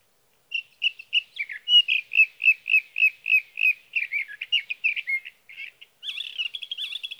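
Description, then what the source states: Sage thrasher singing a steady series of repeated whistled notes, then mixed warbled phrases and a final buzzy run. Male singing through the night near his night roost, evening June 12 to morning June 15, 2018, Sierra Valley, California; recorded on a Swift recorder.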